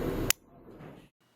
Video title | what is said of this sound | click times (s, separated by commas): CNC Tool Assembly WWU | the collet is inserted from the back of the collet retainer make sure you hear it snap into place | 0.3 s